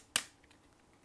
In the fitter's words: Right, so mini snap is a type that will have you can actually hear the snap when you open up.